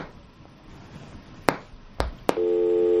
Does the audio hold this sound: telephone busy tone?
yes